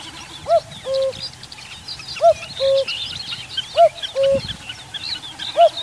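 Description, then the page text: Common cuckoo calling cu-coo, a higher note dropping to a lower one, repeated three times about every one and a half seconds, with a fourth call cut short at the end, over varied background birdsong. "Common Cuckoo #sound #singing #call. knut the bird nerd"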